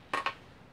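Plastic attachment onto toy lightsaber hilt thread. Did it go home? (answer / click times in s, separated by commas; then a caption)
yes / 0.1 s, 0.3 s. A plastic attachment is pushed onto the threaded end of a toy lightsaber hilt and twisted until it locks in place. Two sharp plastic clicks are heard at 0.1 s and 0.3 s, and the attachment is seated.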